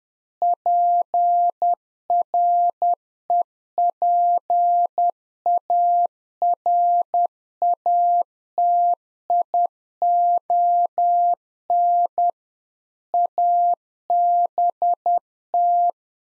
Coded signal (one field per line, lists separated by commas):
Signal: Morse code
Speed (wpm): 10 wpm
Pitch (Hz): 700 Hz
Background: none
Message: PREPARATION ABT